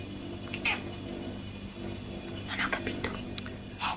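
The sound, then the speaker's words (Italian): A cat meows several times in short, high, strained bursts, with pauses between them, over a steady low hum. “Di miau. Non così, non così, dillo meglio.”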